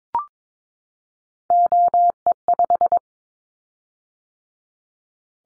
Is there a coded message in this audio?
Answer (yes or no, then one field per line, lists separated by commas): yes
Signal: Morse code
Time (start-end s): 1.5-3.0 s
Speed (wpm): 22 wpm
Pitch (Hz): 700 Hz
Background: none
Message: OE5